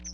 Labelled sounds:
Chestnut-sided Warbler (Setophaga pensylvanica) flight call

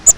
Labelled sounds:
Grace's Warbler (Setophaga graciae) flight call

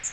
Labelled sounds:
Magnolia Warbler (Setophaga magnolia) flight call

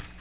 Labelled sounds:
Magnolia Warbler (Setophaga magnolia) flight call

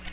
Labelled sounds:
Nashville Warbler (Leiothlypis ruficapilla) flight call

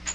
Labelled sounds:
Magnolia Warbler (Setophaga magnolia) flight call

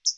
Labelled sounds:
Hooded Warbler (Setophaga citrina) flight call

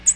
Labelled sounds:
American Redstart (Setophaga ruticilla) flight call

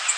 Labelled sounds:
Golden-cheeked Warbler (Setophaga chrysoparia) flight call

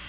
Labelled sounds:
Common Yellowthroat (Geothlypis trichas) flight call

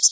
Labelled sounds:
Common Yellowthroat (Geothlypis trichas) flight call

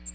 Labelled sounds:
American Redstart (Setophaga ruticilla) flight call

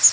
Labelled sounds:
Chestnut-sided Warbler (Setophaga pensylvanica) flight call

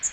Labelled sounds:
Magnolia Warbler (Setophaga magnolia) flight call

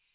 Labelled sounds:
American Redstart (Setophaga ruticilla) flight call

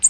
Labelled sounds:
American Redstart (Setophaga ruticilla) flight call

